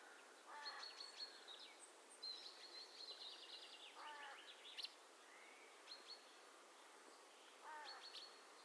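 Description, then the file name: Eurasian nuthatch calls: short sharp chirps and rapid trilled notes in bursts every second or two. "Sitta europaea"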